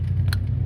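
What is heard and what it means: A wiring harness connector is pushed onto the new coolant temperature sensor of a 2008-2011 Mercury Mariner / Escape, replaced for a P0117 code, until it latches. A sharp click at 0.3 s stands out over a steady low rumble. The connector is seated.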